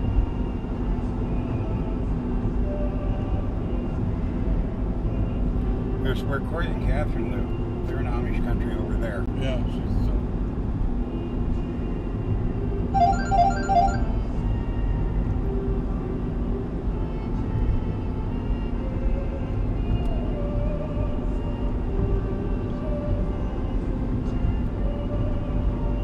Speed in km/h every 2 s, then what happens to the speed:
78, 79, 78, 78, 78, 77, 77, 77, 77, 78, 79, 79, 80.
0-26 steady at about 78.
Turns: none.